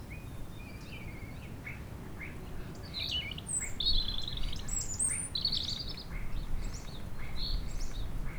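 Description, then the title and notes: European robin song, sparse high sweet phrases and short trills over a strong steady rumble of wind. Robin singing not far off; recorded on a sunny sloping lawn at Châtillon beach, Chindrieux, France, sheltered from the north wind, with wind murmuring in the trees. "80 Chem. des Rubellines, 73310 Chindrieux, France - rouge gorge. Au soleil sur la pelouse en pente de la plage de Châtillon , à l'abri du vent du Nord , un rouge gorge chante non loin , rumeur du vent dans les arbres"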